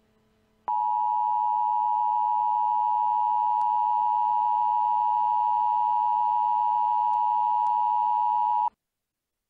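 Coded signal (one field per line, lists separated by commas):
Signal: Emergency Alert System (SAME) tones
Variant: 853 and 960 Hz attention tone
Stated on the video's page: Fictional EAS scenario containing valid EAS tones.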